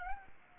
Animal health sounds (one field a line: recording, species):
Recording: mosquito wingbeat signal from an infrared sensor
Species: Aedes albopictus